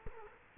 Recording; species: mosquito wingbeat signal from an infrared sensor; Culex quinquefasciatus